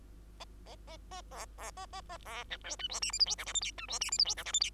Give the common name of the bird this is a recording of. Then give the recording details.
Bengalese Finch. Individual Bird2